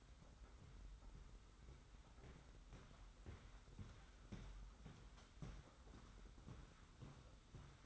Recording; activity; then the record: daily activity, microphone in the room; walk to room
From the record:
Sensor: 3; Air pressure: 991.1 hPa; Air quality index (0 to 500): 104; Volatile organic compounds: 39 ppm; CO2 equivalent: 3131 ppm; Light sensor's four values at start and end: 44/123/50/44 and 44/122/49/43